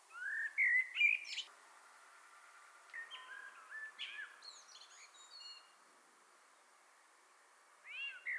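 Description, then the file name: Common blackbird singing, a low fluted warble followed by thin high twitters, with quieter phrases in the middle and a new phrase starting at the end. "Turdus merula"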